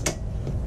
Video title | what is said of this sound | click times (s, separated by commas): A full Walkaround and demostration of a brand new Kobalt Wet Tile saw review | you're just gonna push down and locks into place and that's | 0.1 s